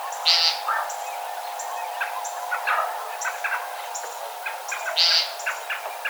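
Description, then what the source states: Common nighthawk giving two nasal, buzzy peent calls about five seconds apart, with scattered chirps from other birds and a steady low hum. Recorded 12 March 2007.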